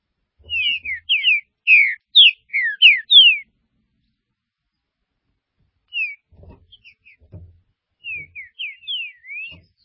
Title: Trinca Ferro